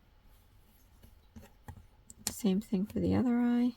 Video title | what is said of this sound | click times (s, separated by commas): The Grinch - Christmas - Five Below - Crochet Kit - How to | um towards the eye. And you're going to hear a click or two. | 2.1 s, 2.3 s